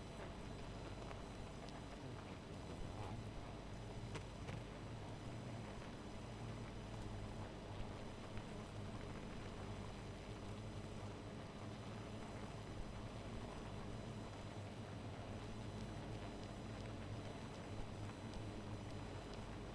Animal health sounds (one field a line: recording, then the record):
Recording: honeybee colony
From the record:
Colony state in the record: missing queen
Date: 14 July 2017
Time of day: 0:29